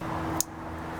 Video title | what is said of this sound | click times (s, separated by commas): BMW Warning Lights are Driving Me CRAZY! - I Try To Fix Them! | there we go you hear it clicking | 0.4 s